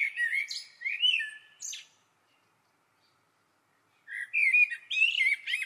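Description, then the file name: Common blackbird song: a phrase of fluty warbled notes ending in a high twitter, a pause of about two seconds, then another twittering phrase. "Turdus merula"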